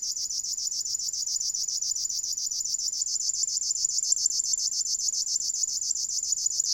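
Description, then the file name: River warbler song: continuous dry, cricket-like buzz of rapidly repeated pulses in a steady, even rhythm. "Strumieniowka"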